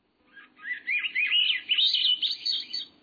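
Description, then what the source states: Swainson's thrush song, a quick series of fluty, warbled phrases spiralling higher and higher. Song spirals upward in pitch; reedy or flute-like.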